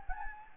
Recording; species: mosquito wingbeat signal from an infrared sensor; Anopheles gambiae